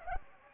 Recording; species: mosquito wingbeat signal from an infrared sensor; Anopheles gambiae